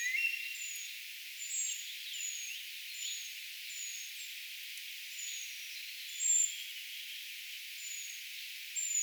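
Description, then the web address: Eurasian treecreeper calls: high, thin, slightly descending notes repeated at uneven intervals, with a few other faint chirps and steady background hiss. Calls of a brood of young, recorded 4 June 2025; identification tentative. "paivat 4 6 2025 tietaakseni puukiipijapesueen aantelya"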